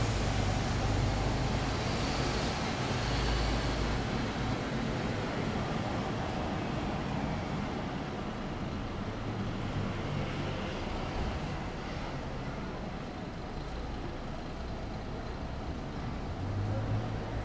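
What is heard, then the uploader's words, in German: Station life: a dense, steady wash of crowd and vehicle noise with a deep rumble underneath. Low engine-like drones swell and fade, strongest early on, around ten seconds and at the end, while faint voices blur into the constant hiss. Bahnhofleben.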